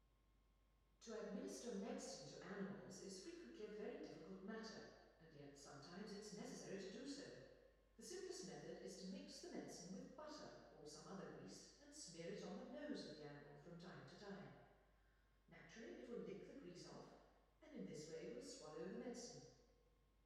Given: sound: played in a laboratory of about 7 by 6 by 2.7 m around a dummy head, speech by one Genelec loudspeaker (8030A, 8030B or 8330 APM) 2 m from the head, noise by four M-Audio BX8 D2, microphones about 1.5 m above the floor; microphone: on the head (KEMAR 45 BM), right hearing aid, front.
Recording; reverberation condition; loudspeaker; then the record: female speech in English; high; 120 degrees to the left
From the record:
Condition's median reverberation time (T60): about 1300 ms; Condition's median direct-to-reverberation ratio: about -4.0 dB